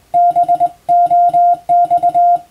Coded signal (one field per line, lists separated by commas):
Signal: Morse code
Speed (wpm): 22 wpm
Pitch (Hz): 700 Hz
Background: music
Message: BOX